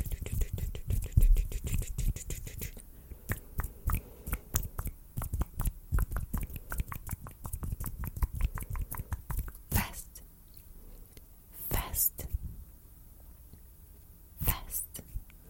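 Hand sounds and finger snapping, with dense rapid tapping and rubbing through the first ten seconds, the clicks coming fast and then loosening into a slower, irregular rhythm. After that, sharp isolated snaps land unpredictably around 10, 12 and 14.5 seconds against quieter soft rustling.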